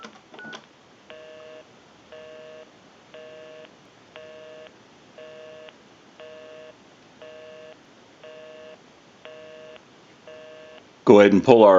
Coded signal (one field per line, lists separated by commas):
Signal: telephone call progress tone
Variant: North America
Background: speech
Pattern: busy tone